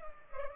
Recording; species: mosquito wingbeat signal from an infrared sensor; Culex pipiens